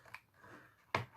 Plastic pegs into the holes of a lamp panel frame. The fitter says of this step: voilà donc là ça fait clac ça s'enclenche je